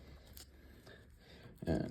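During a CBR250RR MC22 rectifier swap, a pin tool is pushed into the rectifier's connector housing to release a crimped wire terminal pin, giving a small, sharp click at 0.4 s. Someone talks quietly over low background noise, and a louder burst comes near the end. The terminal releases so it can be pulled out.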